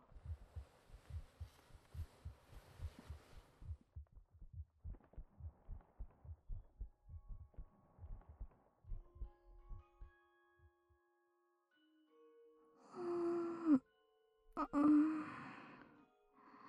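Steady, regular low thumps in lub-dub pairs fill the first ten seconds: a clear, even heartbeat of an adult, picked up by a close microphone. After that come a faint steady hum and, near the end, louder gurgling and rustling noises of the stomach.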